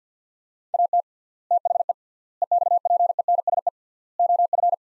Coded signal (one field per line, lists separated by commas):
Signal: Morse code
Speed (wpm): 50 wpm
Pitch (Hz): 700 Hz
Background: none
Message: AT THE EXPENSE OF